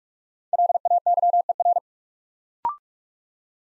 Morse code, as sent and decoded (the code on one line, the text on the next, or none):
.-.. .- -.-- . .-.
LAYER